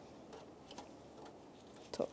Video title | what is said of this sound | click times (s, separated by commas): How to Replace Hood Latch 2006-2013 Chevrolet Impala | it clicks there we go now I | 1.9 s, 2.0 s